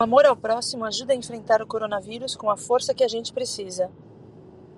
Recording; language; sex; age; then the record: spoken sentence; Brazilian Portuguese; female; 40 to 49 years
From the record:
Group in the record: control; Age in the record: 47 years